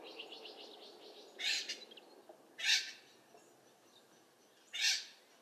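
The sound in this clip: Bird calling with three loud, rasping squawks after a brief run of faint, rapid chatter at the start.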